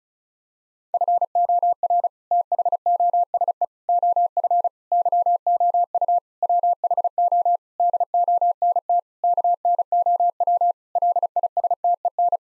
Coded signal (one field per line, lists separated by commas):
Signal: Morse code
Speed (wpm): 36 wpm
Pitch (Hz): 700 Hz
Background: none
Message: FOR THOSE OF YOU WHO DONT KNOW LISTEN